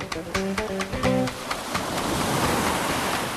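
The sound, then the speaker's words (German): Waves break and wash onto La Concha, the city beach of San Sebastian, Spain, in a steady, full rushing roar. A brief run of tonal, music-like notes sounds at the very start before the surf takes over. “Es zieht mich ans Meer. Zum wohl schönsten Stadtstrand Spaniens.”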